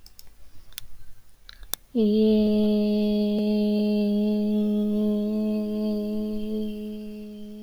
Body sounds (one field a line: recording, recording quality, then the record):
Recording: sustained vowel as in made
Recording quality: excellent, no background noise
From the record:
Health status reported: healthy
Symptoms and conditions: none ticked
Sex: female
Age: 25 years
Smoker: not ticked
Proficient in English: yes